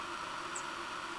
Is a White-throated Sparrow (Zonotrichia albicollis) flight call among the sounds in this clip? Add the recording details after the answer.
no. Another species' flight call is heard. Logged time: 04:45 on 18 September 2014